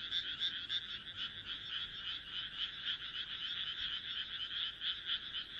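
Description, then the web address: Frogs giving rapid rattling croaks in a dense chorus, several pulses a second, the sound swelling and easing slightly. "kaeru kaeru"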